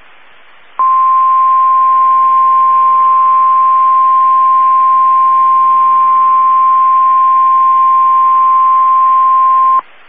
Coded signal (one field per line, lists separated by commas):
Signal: Emergency Alert System (SAME) tones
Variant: 1050 Hz attention tone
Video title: EAS 1728-1732 (4/27 & 4/28/22)